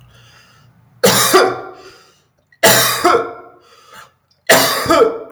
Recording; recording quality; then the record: heavy voluntary cough; excellent, no background noise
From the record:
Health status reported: healthy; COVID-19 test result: negative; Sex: male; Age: 27 years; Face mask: not worn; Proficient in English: yes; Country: India